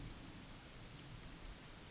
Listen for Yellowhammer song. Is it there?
no